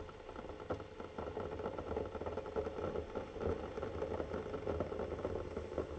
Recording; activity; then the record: daily activity, microphone in the room; make coffee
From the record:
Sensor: 4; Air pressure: 1010.2 hPa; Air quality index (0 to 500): 179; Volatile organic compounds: 5 ppm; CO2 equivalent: 1813 ppm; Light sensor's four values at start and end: 27/79/31/31 and 28/82/32/32